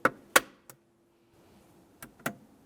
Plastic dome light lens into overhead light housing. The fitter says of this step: So tabs up in first, press in the back till you hear it click.